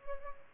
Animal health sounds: mosquito wingbeat signal from an infrared sensor; Culex pipiens

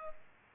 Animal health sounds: mosquito wingbeat signal from an infrared sensor; Culex pipiens

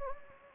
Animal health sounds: mosquito wingbeat signal from an infrared sensor; Anopheles gambiae

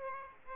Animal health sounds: mosquito wingbeat signal from an infrared sensor; Aedes aegypti

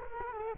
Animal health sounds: mosquito wingbeat signal from an infrared sensor; Culex quinquefasciatus

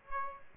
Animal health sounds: mosquito wingbeat signal from an infrared sensor; Aedes aegypti

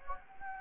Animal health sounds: mosquito wingbeat signal from an infrared sensor; Anopheles gambiae

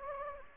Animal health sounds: mosquito wingbeat signal from an infrared sensor; Anopheles gambiae

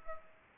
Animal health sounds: mosquito wingbeat signal from an infrared sensor; Culex pipiens

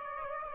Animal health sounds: mosquito wingbeat signal from an infrared sensor; Aedes aegypti

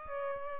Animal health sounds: mosquito wingbeat signal from an infrared sensor; Aedes albopictus

